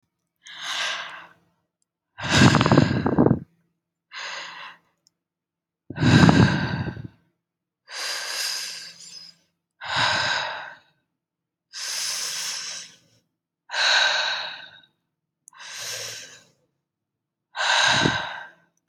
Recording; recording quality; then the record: deep breathing; excellent, no background noise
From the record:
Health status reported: healthy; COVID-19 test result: negative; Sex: female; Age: 26 years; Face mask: not worn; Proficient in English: yes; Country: United States